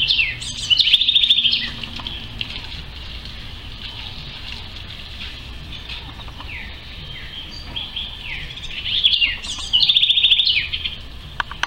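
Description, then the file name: House wren singing two bubbly, chattering trilled phrases near the start and end, with faint scattered chips and a low background hum between them. "Canto del Cucarachero (Troglodytes aedon )"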